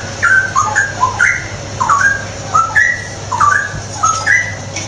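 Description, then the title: Straw-headed bulbul singing clear, fluty warbled phrases, each a quick tumbling run of whistles, several phrases with short gaps, over a constant low hum. Masteran tutoring track for training caged birds; ropel gacor style, meaning rapid, continuous, energetic singing. "mster Mnuk. Masteran Burung CUCAK ROWO. Cucak Rowo Ropel Gacor"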